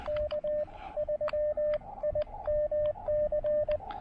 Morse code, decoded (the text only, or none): K3IMC